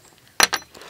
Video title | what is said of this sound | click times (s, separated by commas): Review of the Caterpillar 330 DL | and just two little sort of hooks right there to hook under that and pops right in | 0.4 s, 0.5 s